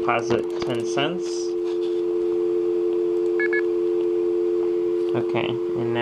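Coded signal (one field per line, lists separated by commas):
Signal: telephone call progress tone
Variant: North America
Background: speech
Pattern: dial tone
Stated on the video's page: Toll coin call tones from A.C.T.S. and CoinZone, using Expanded In-Band Signaling over Feature Group C coin trunks, demonstrated on a demo line.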